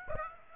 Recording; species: mosquito wingbeat signal from an infrared sensor; Aedes aegypti